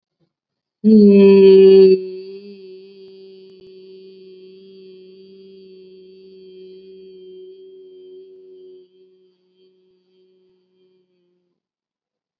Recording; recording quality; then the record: sustained vowel as in beet; excellent, no background noise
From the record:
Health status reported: COVID-19 positive, mild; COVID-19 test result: positive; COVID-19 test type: RT-PCR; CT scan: not taken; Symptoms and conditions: cough, sore throat, fever, fatigue, muscle pain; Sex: female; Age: 36 years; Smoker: no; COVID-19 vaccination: both doses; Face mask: not worn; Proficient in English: yes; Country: India